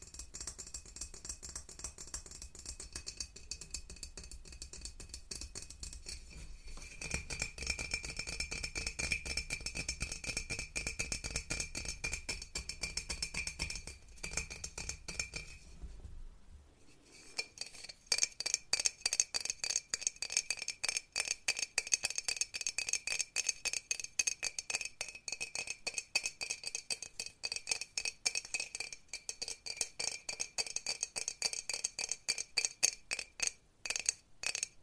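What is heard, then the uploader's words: Rapid, light tapping on an unusual instrument gives bright, glassy clinks, packed close together in a steady patter. For the first sixteen seconds a low hum sits underneath. After a short pause the tapping returns sharper and louder, with clear ringing tones. Tapping On Uncommon Instruments. Tonight, I dig through some of the weirdest and tingliest instruments I can find in my husbands stash of collected instruments.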